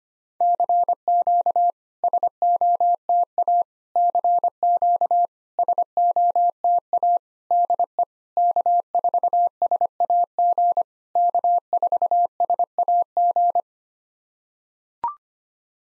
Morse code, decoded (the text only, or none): CQ SOTA CQ SOTA DE K4SAG K4SAG